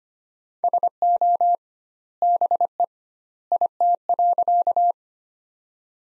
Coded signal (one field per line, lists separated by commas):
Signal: Morse code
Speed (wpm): 25 wpm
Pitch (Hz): 700 Hz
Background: none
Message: SO BE IT.